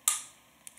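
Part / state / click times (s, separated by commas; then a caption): dripping atomizer onto mechanical mod top / seated / 0.1 s. A rebuildable dripping atomizer is pushed fully down onto a metal mechanical mod and snaps into place with a sharp, bright click at 0.1 s that rings out and fades over about a quarter second. Two much fainter ticks follow at about 0.7 s and 0.8 s, and the atomizer is locked in place.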